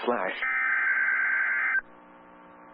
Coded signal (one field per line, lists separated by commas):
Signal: Emergency Alert System (SAME) tones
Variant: header bursts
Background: speech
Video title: All EAS Severe Thunderstorm Warnings I caught in May 2026 using weatherusa.net (EAS #61 - EAS #69)